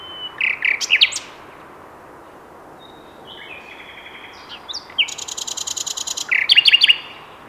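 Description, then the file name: Common nightingale singing: a quick burst of chirped notes, a quiet gap, then a high rapid trill followed by emphatic repeated slurred notes. "Luscinia megarhynchos"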